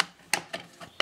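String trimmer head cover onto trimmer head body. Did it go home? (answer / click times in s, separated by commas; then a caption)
no / none. The plastic head cover of a Husqvarna 326LS string trimmer is handled over the trimmer head body, lined up with the notches over the spring before being pressed down. Short plastic taps and knocks land at 0.0, 0.3 and 1.0 s, with softer ones around 0.5 and 0.8 s. Nothing has snapped on or seated yet.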